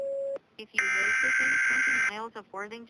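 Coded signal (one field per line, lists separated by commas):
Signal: Emergency Alert System (SAME) tones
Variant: header bursts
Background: speech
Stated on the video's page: Fictional EAS mock.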